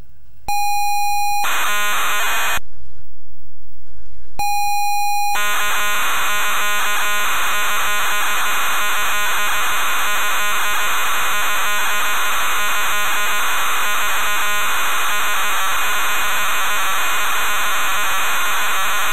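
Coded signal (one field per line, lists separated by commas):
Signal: ZX Spectrum tape loading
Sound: steady buzzing lead tone, short pause, lead tone again, then harsh rasping data screech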